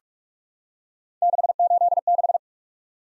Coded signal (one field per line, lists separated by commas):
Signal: Morse code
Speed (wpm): 44 wpm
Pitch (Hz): 700 Hz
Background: none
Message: 686